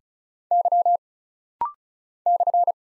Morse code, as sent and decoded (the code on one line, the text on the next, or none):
-.-- / -..-.
Y /